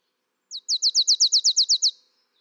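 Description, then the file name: Marsh tit, one fast run of many sharp, high, downslurred notes delivered evenly in under two seconds, otherwise quiet. "Poecile palustris"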